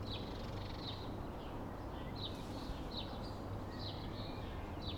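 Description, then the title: Sparrows chirping, many short sharp notes at an irregular pace, over a constant low rumble of traffic. Evening in a residential street; busy birdsong mostly of sparrows, with distant traffic rumble. "Ambience. Evening. Street in residential area. Busy spacious birdsong manly sparrows."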